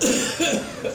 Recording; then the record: coughing mixed with background sound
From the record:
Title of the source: Spring Cold Coughing.